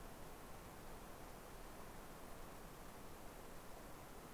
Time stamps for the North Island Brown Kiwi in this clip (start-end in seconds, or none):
none